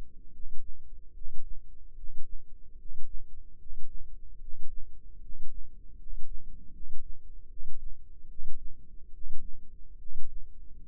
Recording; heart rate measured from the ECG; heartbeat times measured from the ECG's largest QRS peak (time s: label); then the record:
heart sounds by microphone in the left ear; 74 bpm
0.30 s: heartbeat
1.12 s: heartbeat
1.94 s: heartbeat
2.76 s: heartbeat
3.56 s: heartbeat
4.38 s: heartbeat
5.19 s: heartbeat
5.96 s: heartbeat
6.71 s: heartbeat
7.47 s: heartbeat
8.27 s: heartbeat
9.10 s: heartbeat
9.97 s: heartbeat
10.85 s: heartbeat
From the record:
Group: healthy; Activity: rest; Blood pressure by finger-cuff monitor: 93/57 mmHg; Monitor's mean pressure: 68 mmHg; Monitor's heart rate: 74 bpm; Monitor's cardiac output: 7.1 L/min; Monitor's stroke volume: 96 mL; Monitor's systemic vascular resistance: 670 dyn s/cm5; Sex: male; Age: 35 years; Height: 180 cm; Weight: 86.9 kg